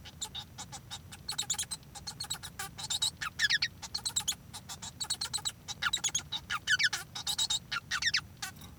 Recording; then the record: song of a male Bengalese finch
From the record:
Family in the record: son of father 1